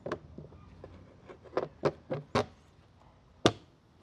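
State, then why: Seated. During a pan and integrated filter service on a BMW E90/E70/E60 ZF 6HP26 transmission, a pan/filter component is lined up and pressed into place against the transmission housing. A series of short knocks and taps sounds at about 0.1, 1.6, 1.9, 2.1 and 2.4 s, then the loudest, sharpest snap comes at 3.5 s. The part is seated.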